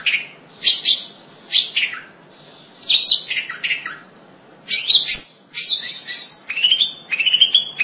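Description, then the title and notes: Long-tailed shrike song: bursts of scratchy, chattering phrases with sliding whistled notes, separated by short pauses, in a steady low background hiss. "Suara burung pentet"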